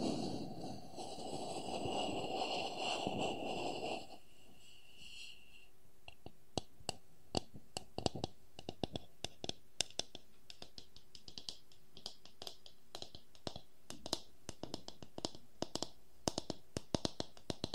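Wooden objects scrape in a dense rough rustle for four seconds, then sparse sharp taps follow, growing quicker and more irregular over faint hum.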